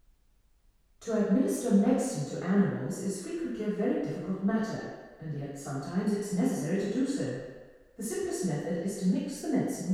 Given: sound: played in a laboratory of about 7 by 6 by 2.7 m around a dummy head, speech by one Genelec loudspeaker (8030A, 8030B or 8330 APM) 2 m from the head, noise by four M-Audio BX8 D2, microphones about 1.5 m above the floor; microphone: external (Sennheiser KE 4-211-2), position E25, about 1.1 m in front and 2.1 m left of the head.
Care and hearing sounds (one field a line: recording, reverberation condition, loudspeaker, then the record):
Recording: female speech in English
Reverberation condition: high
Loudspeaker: 120 degrees to the left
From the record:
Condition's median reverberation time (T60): about 1300 ms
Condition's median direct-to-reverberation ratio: about -4.0 dB